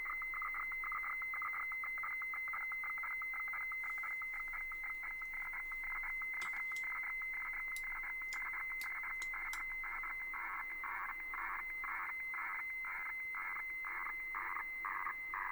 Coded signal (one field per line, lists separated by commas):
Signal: weather fax (radiofax)